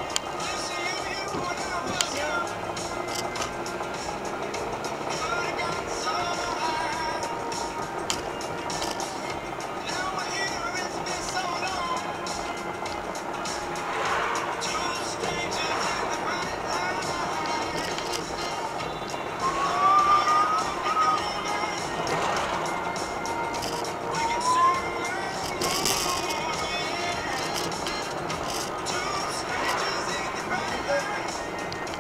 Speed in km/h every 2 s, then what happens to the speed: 18, 22, 35, 41, 40, 39, 39, 40, 43, 45, 45, 43, 44, 46, 46, 45.
0-5 speeds up to 41. 5-13 steady at about 39. 13-17 speeds up to 45. 17-32 steady at about 45.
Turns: none.